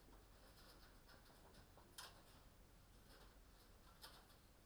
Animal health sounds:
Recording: poultry house recording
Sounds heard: no chicken sound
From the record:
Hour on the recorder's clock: 21

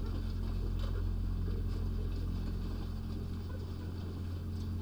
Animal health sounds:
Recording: poultry house recording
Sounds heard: sick chickens (respiratory disease)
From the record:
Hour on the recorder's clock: 19

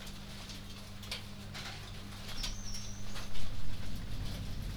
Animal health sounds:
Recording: poultry house recording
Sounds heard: no chicken sound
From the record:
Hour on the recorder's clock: 22

